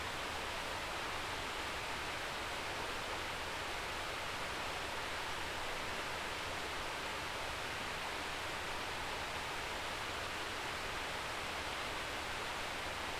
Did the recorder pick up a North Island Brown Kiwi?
no